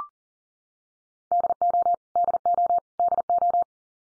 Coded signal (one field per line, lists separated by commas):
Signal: Morse code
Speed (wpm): 40 wpm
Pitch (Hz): 700 Hz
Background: none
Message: DO DO DO